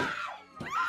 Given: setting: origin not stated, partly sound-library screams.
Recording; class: one-second piece from a danger detection set; woman in danger